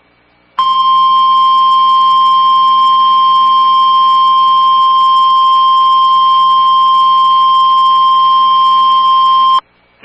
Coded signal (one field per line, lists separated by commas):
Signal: Emergency Alert System (SAME) tones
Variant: 1050 Hz attention tone